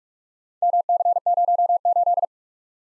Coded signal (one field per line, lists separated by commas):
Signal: Morse code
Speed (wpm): 46 wpm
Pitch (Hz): 700 Hz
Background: none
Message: MC08